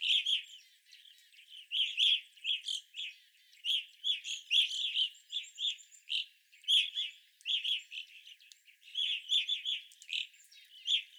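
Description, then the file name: Evening grosbeaks in a dense chorus, many short burry chirps overlapping, with a brief lull near the start. Several evening grosbeaks, 25 April 2021. "2021-04-25 Evening Grosbeaks"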